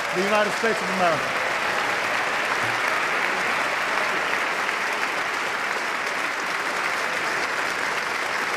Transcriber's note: applause